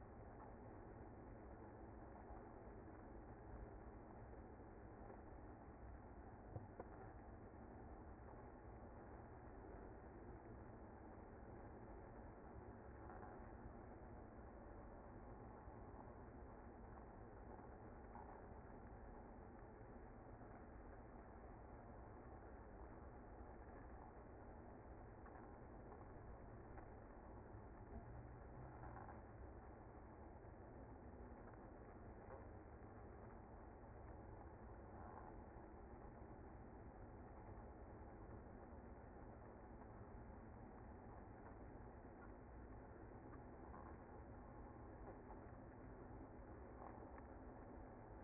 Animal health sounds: honeybee colony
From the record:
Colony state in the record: active

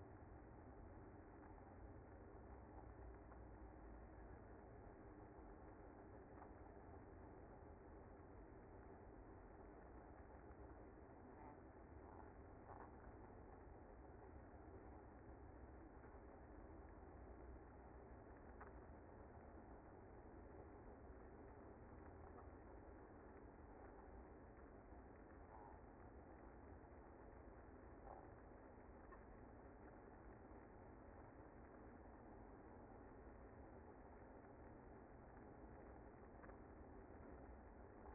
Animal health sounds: honeybee colony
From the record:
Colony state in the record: active

